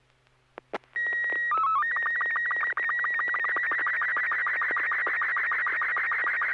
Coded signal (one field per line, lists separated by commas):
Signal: SSTV (slow-scan television)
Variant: Robot 36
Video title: N6NA SSTV Net - 10/04/2023